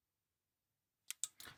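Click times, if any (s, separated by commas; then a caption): 1.2 s. A hard plastic helmet piece is pressed onto a toy robot's head, giving a short click at 1.1 s and a sharp snap at 1.2 s as it seats. A brief scraping rustle follows, and the eyes do not line up with the helmet.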